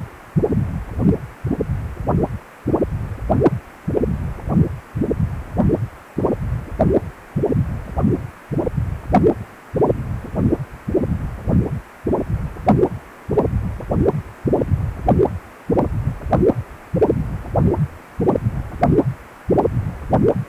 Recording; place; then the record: Doppler ultrasound of blood flow; precordium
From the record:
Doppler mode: continuous wave and pulsed wave in the uncut recording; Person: healthy adult, 18 to 50 years, no heart murmur, not diving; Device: 2.5 MHz transducer